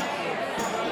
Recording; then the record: coughing mixed with background sound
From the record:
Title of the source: Spring Cold Coughing 3